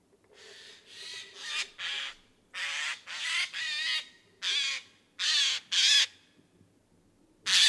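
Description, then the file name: Eurasian jay giving harsh, rasping screeches in a rapid irregular series of about a dozen broad noisy bursts, some paired, over faint low background hum. "Garrulus glandarius"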